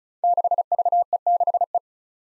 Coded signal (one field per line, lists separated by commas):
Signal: Morse code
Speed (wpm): 36 wpm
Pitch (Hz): 700 Hz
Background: none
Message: 6VE6E